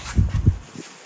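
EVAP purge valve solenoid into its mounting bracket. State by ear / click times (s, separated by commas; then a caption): not seated / none. An EVAP purge valve solenoid on a Chrysler Town & Country is handled by squeezing its two side tabs inward and pushing it down toward the slots of its mounting bracket. Dull low thumps and rustling handling noises come around 0.2, 0.35 and 0.5 seconds, with a fainter bump near 0.8 seconds. Nothing has seated or clicked yet.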